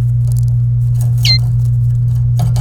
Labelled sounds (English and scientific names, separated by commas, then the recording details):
Domestic Canary (Serinus canaria) song
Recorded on 27 April 2018 at 10:40
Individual llb3